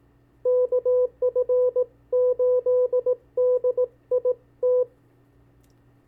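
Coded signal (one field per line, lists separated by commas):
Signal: Morse code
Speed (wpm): 18 wpm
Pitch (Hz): 500 Hz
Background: none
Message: KF8DIT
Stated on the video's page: Callsign copy practice, 40 calls sent at 15 and 18 wpm.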